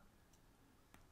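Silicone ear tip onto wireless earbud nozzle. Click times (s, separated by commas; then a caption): 0.9 s. A silicone ear tip is snapped back onto the nozzle of a wireless earbud. Over a faint background hiss, a single short, sharp click sounds at 0.9 s as the tip seats in place.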